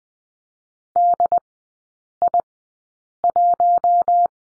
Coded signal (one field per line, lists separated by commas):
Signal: Morse code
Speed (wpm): 20 wpm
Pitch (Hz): 700 Hz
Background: none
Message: DI1